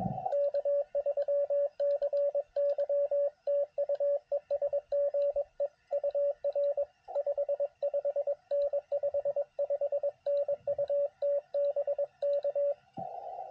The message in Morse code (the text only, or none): K3CY TU ES GE UR 55N 55N UT BK